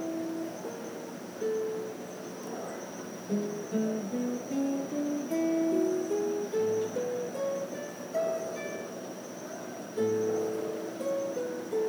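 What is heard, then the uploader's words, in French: Guesthouse ambience in Lençóis, Brazil: a steady high insect whine beneath clear pitched notes climbing in stepwise runs, restarting around ten seconds. Ambiance de la pousade Natureza, à Lençois, Brésil.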